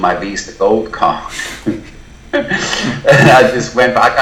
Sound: laughs